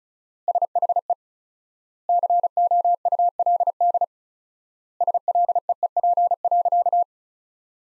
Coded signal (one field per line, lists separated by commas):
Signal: Morse code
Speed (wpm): 36 wpm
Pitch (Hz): 700 Hz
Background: none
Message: SHE COULD SLEEP.